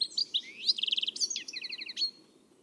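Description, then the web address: Bird singing a fast, varied phrase of high chirps and a rapid trill, then a run of paired notes, ending after about two seconds. "Deverinetal. Bird Only"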